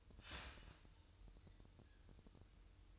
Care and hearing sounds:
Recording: daily activity, microphone in the room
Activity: start toaster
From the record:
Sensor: 2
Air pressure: 988.4 hPa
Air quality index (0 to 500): 191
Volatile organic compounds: 183 ppm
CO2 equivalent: 4153 ppm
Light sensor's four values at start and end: 20/68/27/25 and 20/68/27/25

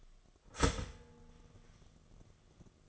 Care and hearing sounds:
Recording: daily activity, microphone in the room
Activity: start toaster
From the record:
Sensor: 4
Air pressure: 1005.0 hPa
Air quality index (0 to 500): 187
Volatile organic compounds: 5 ppm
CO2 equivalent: 1833 ppm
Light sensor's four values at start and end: 19/62/23/22 and 18/59/22/21

